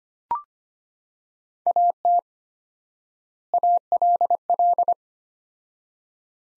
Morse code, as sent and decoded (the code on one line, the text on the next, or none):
.- - / .- .-.. .-..
AT ALL